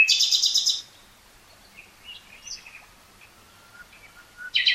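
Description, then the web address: Common nightingale song: a loud rapid buzzy trill opens, then quiet scattered notes and a thin low whistle, ending with another burst of rapid notes. "SETE data Luscinia megarhynchos"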